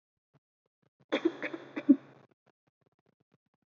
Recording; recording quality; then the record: shallow voluntary cough; excellent, no background noise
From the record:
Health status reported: healthy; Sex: female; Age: 22 years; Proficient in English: yes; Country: India